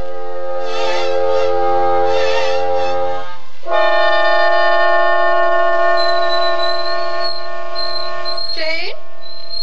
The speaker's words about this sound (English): Just turn off the tea kettle. Didn't you hear me?